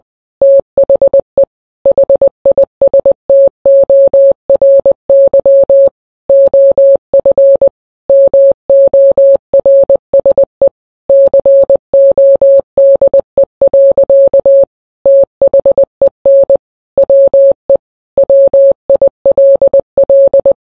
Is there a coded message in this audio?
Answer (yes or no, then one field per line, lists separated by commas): yes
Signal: Morse code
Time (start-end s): 0.4-20.5 s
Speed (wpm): 20 wpm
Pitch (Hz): 550 Hz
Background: none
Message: THE HISTORY OF MORSE CODE. THEN WE WILL